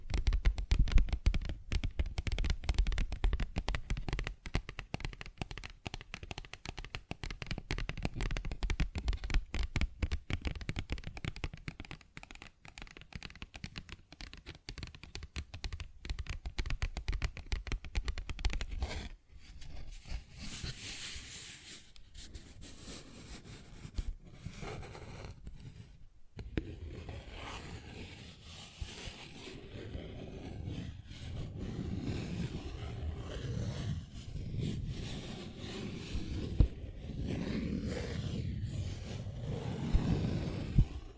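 Paper bag sounds: for the first twenty seconds, rapid dense tapping, a steady patter of soft dry clicks with a low thud underneath. After a brief pause near 26 seconds, the sound shifts to softer, continuous scratching and rubbing, with occasional louder crinkles.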